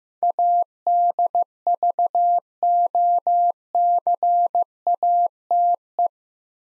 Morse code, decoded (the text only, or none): ADVOCATE